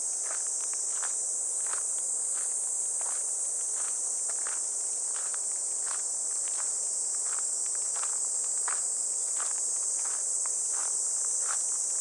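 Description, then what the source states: Cicada drone, steady high buzzing without pause, over footsteps along a path. Cicadas heard on a morning walk along a riverbank path in clear, fresh air, heading toward a weir; their song gradually gives way to water falling over it.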